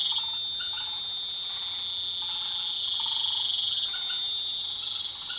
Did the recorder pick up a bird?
no